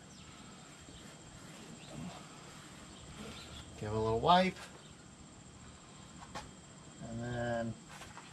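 Someone talks while wiping automatic transmission fluid onto the O-ring end of a tube, likely the transmission dipstick tube, to help it slip into its bore in the 4L80E transmission case during a Squarebody K10 swap. A steady high-pitched tone runs underneath, with a short, sharp tick near the end. The clip ends while the tube is still being handled; nothing has seated or clicked yet.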